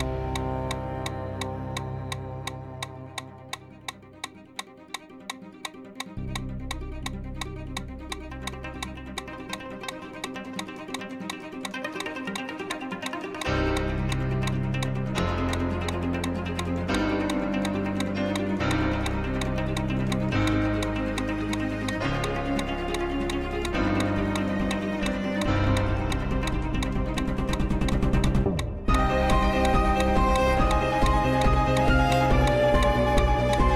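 A metronome clicks at a steady running pace of 170 steps per minute, sharp regular ticks throughout. Music with deep bass notes plays underneath, growing fuller and louder around thirteen seconds, briefly dropping out near twenty-eight seconds before resuming.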